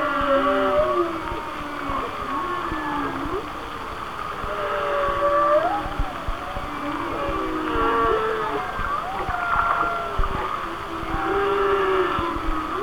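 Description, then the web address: Whale song of many short upswept and wavy calls layered together, with scattered clicks. "Natures Songs Whale Songs Whale Songs"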